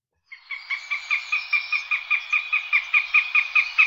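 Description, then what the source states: Northern Goshawk cackling call: a steady rapid series of sharp, nasal, chattering notes. Bird of prey whose call the jay imitates; could threaten a jay-sized bird or hare-sized mammal.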